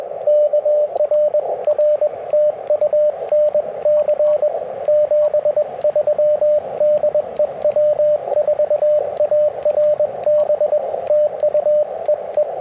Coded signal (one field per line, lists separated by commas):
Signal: Morse code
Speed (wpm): 21 wpm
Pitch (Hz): 590 Hz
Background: radio noise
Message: K RR TU NC 73 DE W4ARB TU EE